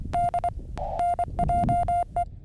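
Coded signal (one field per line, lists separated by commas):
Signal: Morse code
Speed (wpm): 24 wpm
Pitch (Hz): 700 Hz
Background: none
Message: D NJE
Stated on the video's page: Paddle-sent Morse from a Summits on the Air activation of Needle Mountain, full activation with unedited QSOs and paddle miscues.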